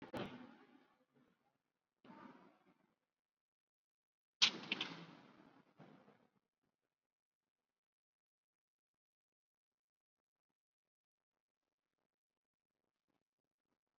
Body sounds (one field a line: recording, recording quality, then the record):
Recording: shallow breathing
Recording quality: poor, much background noise or distortion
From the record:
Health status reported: COVID-19 positive, mild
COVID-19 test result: positive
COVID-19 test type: RT-PCR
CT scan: not taken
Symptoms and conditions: hypertension, diabetes, another condition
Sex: female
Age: 75 years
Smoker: no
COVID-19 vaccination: none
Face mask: worn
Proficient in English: no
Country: India